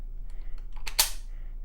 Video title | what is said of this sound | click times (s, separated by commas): Sks rifle history and shooting | snaps into place chinese ones always have the spike banner like this | 1.0 s